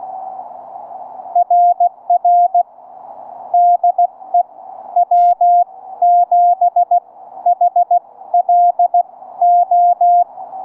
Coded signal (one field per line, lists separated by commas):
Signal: Morse code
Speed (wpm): 18 wpm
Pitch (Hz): 700 Hz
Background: none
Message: RR DE W7HLO